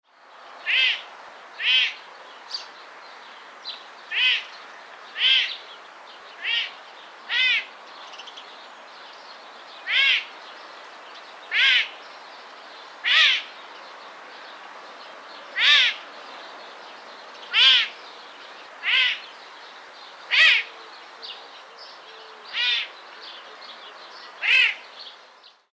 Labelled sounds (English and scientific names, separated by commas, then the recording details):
Serval (Leptailurus serval)
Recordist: Tembrock, Günter
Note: Brünftiges Weibchen: Lautfolgen